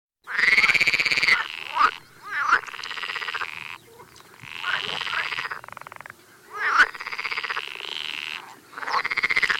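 Pool frog calls: buzzy pulsed croaks about one to two seconds long, repeated with short gaps, with brief notes between them.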